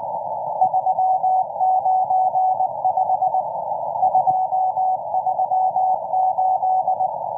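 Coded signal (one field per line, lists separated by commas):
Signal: Morse code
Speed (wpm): 18 wpm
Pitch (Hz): 750 Hz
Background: none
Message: 395 238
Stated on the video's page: M14 Morse number station on 17458 kHz at 09:30 UTC, an extremely long message running until 10:20 UTC.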